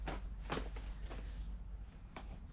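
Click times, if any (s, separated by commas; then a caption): none. A motorcycle seat on an 883C is being handled and pushed forward toward its front mount on the frame. Short broadband knocks and scuffs are heard around 0.1 s and 0.5 s, then quieter handling before two more sharp bumps near 2.2 s and 2.5 s. Nothing has seated or clicked yet.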